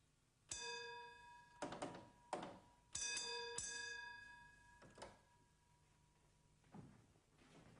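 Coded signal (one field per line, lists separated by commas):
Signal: bell signal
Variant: British absolute block bell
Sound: one bell ring, lever clunks, then two rings, a pause, and one ring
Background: small room, mechanical clunks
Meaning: Train out of section: the train has passed and another may be accepted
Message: 2-1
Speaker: may he call the attention of the signalman in the rear and give the train out of Section Bell code restoring the block instrument to the normal position he may now accept another train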